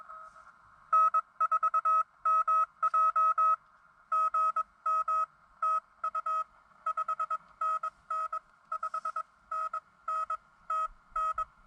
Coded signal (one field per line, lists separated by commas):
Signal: Morse code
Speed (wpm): 22 wpm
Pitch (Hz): 1280 Hz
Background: none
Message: N4MJ GM TU 5NN 5NN TN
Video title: Bushwhack SOTA: It doesn't have to be fun to be fun